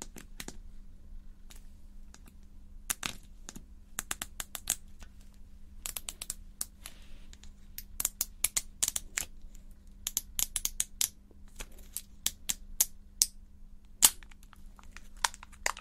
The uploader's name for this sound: GlossyBox Unboxing - Tapping, Crinkling, Lid Sounds